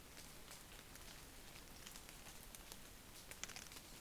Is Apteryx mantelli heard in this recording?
no